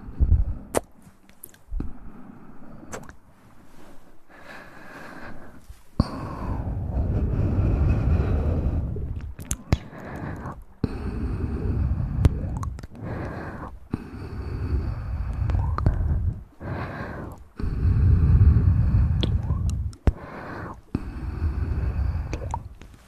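Sharp taps click through the clip, scattered a few seconds apart, with a quick cluster near the start and others around 6, 10 and 20 seconds. Between them come low, wet mouth sounds that swell in longer soft bursts and then drop back to near silence.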